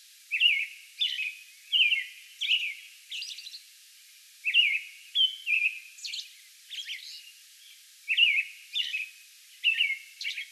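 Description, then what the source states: American robin song: short whistled caroling phrases in quick groups, with thin high squeaky notes between, pausing briefly midway. Recorded May 11; a bout of song.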